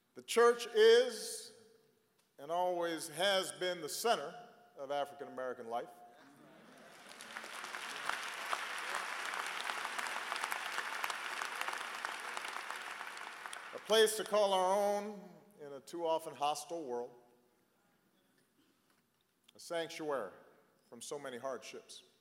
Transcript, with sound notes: The church is and always has been the center of African-American life -- (applause) a place to call our own in a too often hostile world, a sanctuary from so many hardships.